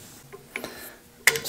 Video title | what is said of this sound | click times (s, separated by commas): Saw Dust Hose For Scroll Saw | that on and it just snaps right in place and | 1.3 s